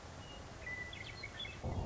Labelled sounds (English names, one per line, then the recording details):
Western Meadowlark
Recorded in Sonoma County, California